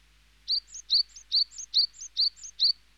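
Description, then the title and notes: Small birds: small bird giving rapid, evenly spaced high chirps, each paired with a fainter rising note, repeated six times in a bright, regular rhythm. "NHK効果音集 - 2-波・川・小鳥"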